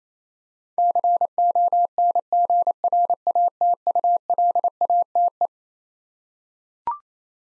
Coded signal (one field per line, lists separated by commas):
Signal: Morse code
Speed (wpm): 28 wpm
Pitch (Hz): 700 Hz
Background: none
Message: CONGRATULATE